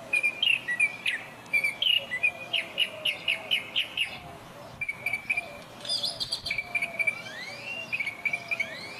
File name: Northern Mockingbird Sandtouch